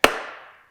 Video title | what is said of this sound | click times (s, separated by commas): How To Install The Woodcraft Yamaha R7 Keyswitch Elimination Harness | They're just going to kind of lock into place like that, right? | 0.0 s